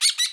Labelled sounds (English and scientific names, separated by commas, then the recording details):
Brown-throated Parakeet (Eupsittula pertinax) contact call
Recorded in Bonaire
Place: 1 km E of roosting area just N of Seru Largu
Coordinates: 12.199, -68.268